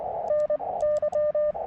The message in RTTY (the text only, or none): none